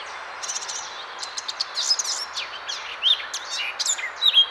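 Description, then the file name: Eurasian blackcap song, a rapid, varied warble of high scratchy and whistled notes running without pause, rising in loudness near the end. "Sylvia atricapilla"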